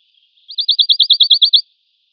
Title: Sylvain Jaskowiak - Mes piafs. Pouillot de bonelli (chant)